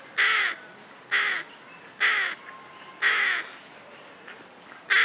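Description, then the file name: Carrion crow giving loud, harsh caws, five in a series, the first four spaced about one second apart and the last after a two-second gap, with a quiet background between calls. "Corvus corone"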